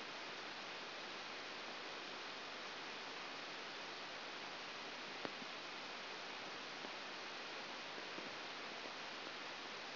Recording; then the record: brain microelectrode recording played as sound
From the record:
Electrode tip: outside the subthalamic nucleus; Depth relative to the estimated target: -8 mm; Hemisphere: right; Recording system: AlphaMap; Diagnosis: Parkinson's disease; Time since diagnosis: 7 years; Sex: female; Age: 49 years